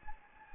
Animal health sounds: mosquito wingbeat signal from an infrared sensor; Anopheles gambiae

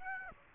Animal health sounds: mosquito wingbeat signal from an infrared sensor; Aedes aegypti

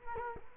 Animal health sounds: mosquito wingbeat signal from an infrared sensor; Culex quinquefasciatus

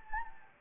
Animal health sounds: mosquito wingbeat signal from an infrared sensor; Anopheles gambiae

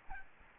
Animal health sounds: mosquito wingbeat signal from an infrared sensor; Aedes albopictus

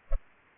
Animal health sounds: mosquito wingbeat signal from an infrared sensor; Culex pipiens

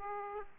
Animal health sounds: mosquito wingbeat signal from an infrared sensor; Aedes aegypti

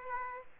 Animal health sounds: mosquito wingbeat signal from an infrared sensor; Aedes aegypti

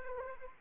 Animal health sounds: mosquito wingbeat signal from an infrared sensor; Anopheles arabiensis

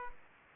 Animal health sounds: mosquito wingbeat signal from an infrared sensor; Aedes aegypti

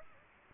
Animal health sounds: mosquito wingbeat signal from an infrared sensor; Aedes aegypti

